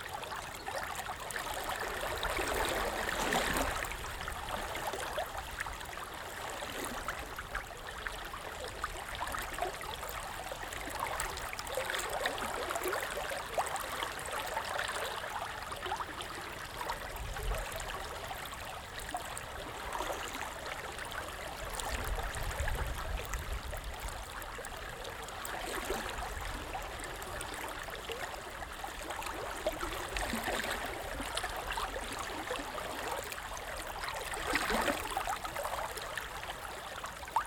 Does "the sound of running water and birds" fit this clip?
yes